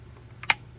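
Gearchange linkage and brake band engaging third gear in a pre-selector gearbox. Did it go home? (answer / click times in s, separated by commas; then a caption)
yes / 0.5 s. A pre-selector gearbox on the bench, for an MG TA Special race car, has its gearchange linkage pushed in to select third gear, so the bus bar lifts and the brake band cinches around the drum. A faint tick at 0.4 s is followed by a sharp, bright engagement click at 0.5 s, over a low steady hum. The band is cinched up and third gear is engaged.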